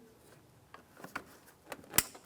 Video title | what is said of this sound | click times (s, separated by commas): How to Replace Front Shock and Spring Assembly 2002-2005 Ford Explorer | listen for a click give it a tug make sure it's secure | 2.0 s